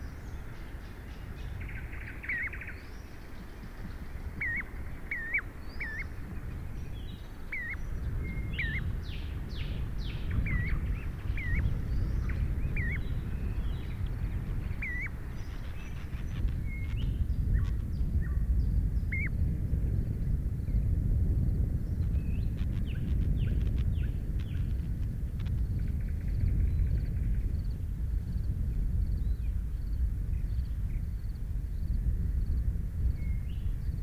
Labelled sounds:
Common Ringed Plover call
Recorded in the wild
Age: diverse
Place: Peenemuende, Usedom, Mecklenburg-Vorpommern, DE
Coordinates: 54.1536, 13.7808
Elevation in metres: 0
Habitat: grassland
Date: 2014-06-05 01:18
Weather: 12°C, weak wind
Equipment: Sound Devices 702, Sennheiser MKH 70, Rycote Windschutz
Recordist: Frommolt, Karl-Heinz

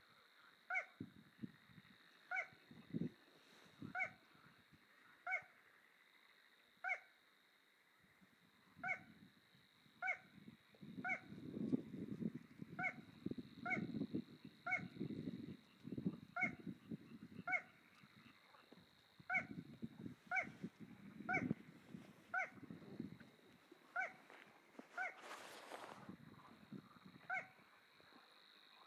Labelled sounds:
Little Crake song
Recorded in the wild
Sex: male
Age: adult
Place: Kützerhof, Kummerower See, Mecklenburg-Vorpommern, DE
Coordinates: 53.8556, 12.8639
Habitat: wetland
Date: 2010-06-08
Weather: 15°C, moderate westerly winds
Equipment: Sound Devices 702, Sennheiser MKH 70, Rycote Windschutz
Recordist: Frommolt, Karl-Heinz

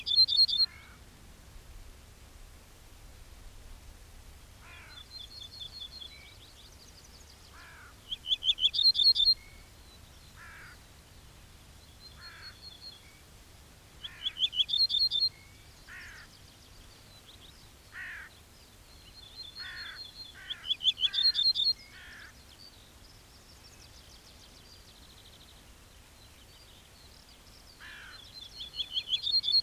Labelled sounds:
Ortolan Bunting
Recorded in the wild
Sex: male
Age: adult
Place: Schloß Holte-Stukenbrock, Senne, Nordrhein-Westfalen, DE
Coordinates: 51.8656, 8.66194
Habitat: edge of the woods
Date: 1967-04-30
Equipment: Uher 4000 Report-S, Bändchenmikro Beyer M 260, Parabolspiegel Polyester (470 mm)
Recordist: Conrads, Klaus

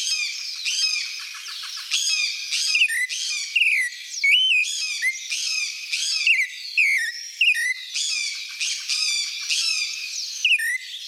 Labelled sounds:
Clay-colored Thrush song
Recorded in the wild
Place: La Pacifica, San José, Umgebung Hotel, CR
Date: 1992-04-13
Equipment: Dat-Recorder Casio DA 7, Telinga DAT, Telinga-Parabolspiegel
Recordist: Schwarz, Dieter

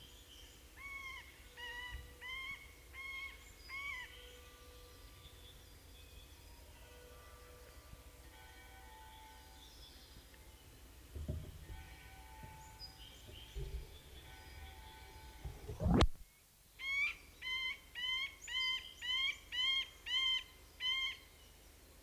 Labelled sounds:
Middle Spotted Woodpecker song
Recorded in the wild
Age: adult
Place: Halle (Westfalen), OT Tatenhausen, Nordrhein-Westfalen, DE
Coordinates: 52.0439, 8.325
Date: 1970-04-12
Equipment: Uher 4000 Report-S, Bändchenmikro Beyer M 260, Parabolspiegel Polyester (470 mm)
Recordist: Conrads, Klaus
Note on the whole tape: Schloß Tatenhausen. Krähen

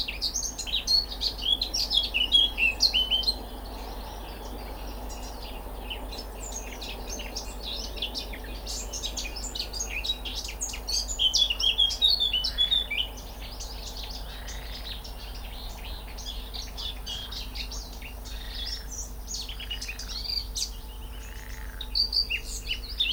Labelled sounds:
Eurasian Blackcap
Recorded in the wild
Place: Karower Teiche, Naturpark Barnim, Berlin, DE
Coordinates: 52.62, 13.46
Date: 1996-05-19 12:52
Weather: sonnig, 24°C
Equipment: Sony MD-WM MZ-R3, Sennheiser MKH 416 T, Kopie Uher 4000 Report Monitor
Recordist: Tembrock, Günter
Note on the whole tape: Gesang

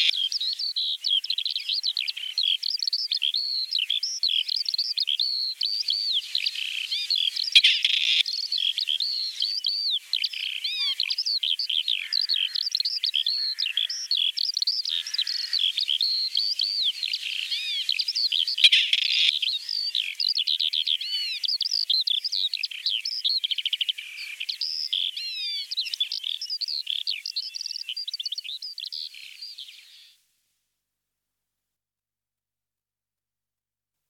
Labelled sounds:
Grey Partridge song
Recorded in the wild
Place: Waltershofen / Freiburg im Breisgau, Baden-Württemberg, DE
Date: 1976-07-03
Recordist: Schwarz, Dieter

